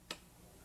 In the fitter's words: and you hear the first click.